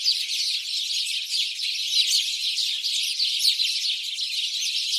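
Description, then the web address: House sparrows chirping in a dense, continuous chorus, many overlapping high chirps blending into a steady wall of chatter throughout. "SETE data Passer domesticus"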